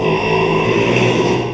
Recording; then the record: squeal of a Yucatan mini pig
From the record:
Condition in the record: after surgery on the right vocal fold (resection and tissue-engineered implant); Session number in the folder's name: 1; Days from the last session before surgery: 6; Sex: male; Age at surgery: 12 weeks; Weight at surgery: 13 kg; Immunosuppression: cyclosporine, prednisolone